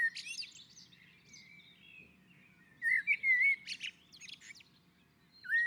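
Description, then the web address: Common blackbird song: a high twittery ending, then a clear mellow warbled phrase midway with squeaky notes, and another fluted note starting at the end. Singing on a roof. "sammel Naturinspelningar Koltrast på taket"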